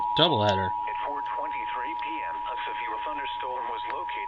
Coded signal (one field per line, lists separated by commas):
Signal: Emergency Alert System (SAME) tones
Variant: 853 and 960 Hz attention tone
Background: speech